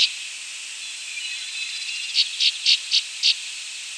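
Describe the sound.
Northern rough-winged swallow calls: five short, raspy buzzy notes in quick succession about a quarter second apart, over a constant high hiss.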